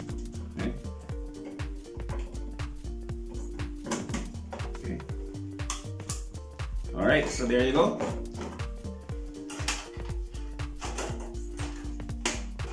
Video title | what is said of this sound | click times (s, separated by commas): Intel Core i5 10400 -- Gigabyte H410 H V2 -- PC Build | Ayan. Ayan. Ayan. Hindi nag-lock | none